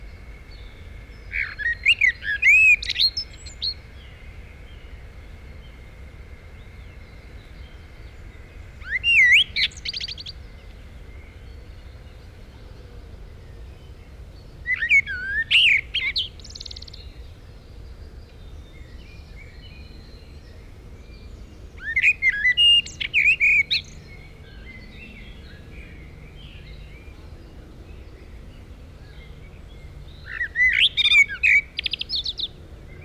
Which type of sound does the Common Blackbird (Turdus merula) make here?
song